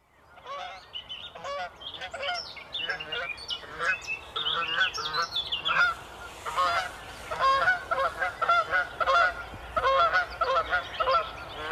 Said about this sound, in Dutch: Canadese ganzen. Trompetterende geluid. Ja, voor het eerst zat ik te denken van... Het heeft ergens wel iets van een kraanvogelachtig geluid. Maar het zijn Canadezen. We lopen nog steeds door de Kranenburger Broeg. Ja. Net over de grens bij Nijmegen.